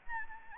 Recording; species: mosquito wingbeat signal from an infrared sensor; Anopheles gambiae